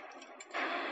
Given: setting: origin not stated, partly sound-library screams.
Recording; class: one-second piece from a danger detection set; woman in danger